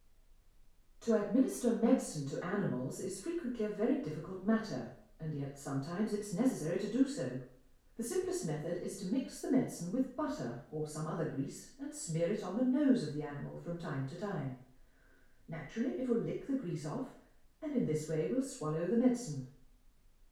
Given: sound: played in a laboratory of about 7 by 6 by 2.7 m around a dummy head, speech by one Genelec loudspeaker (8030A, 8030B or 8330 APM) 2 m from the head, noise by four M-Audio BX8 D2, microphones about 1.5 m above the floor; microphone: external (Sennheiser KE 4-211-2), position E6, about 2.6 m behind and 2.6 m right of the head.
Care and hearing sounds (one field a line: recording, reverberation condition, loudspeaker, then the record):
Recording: female speech in English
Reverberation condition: medium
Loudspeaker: 90 degrees to the right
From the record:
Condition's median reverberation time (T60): about 510 ms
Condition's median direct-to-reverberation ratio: about -0.5 dB